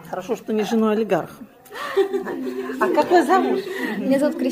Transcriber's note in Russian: Смеётся